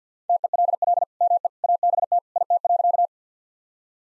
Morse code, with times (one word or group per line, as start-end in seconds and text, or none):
0.3-1.0 TELL
1.2-1.5 ME
1.6-2.2 ABT
2.4-3.1 IT.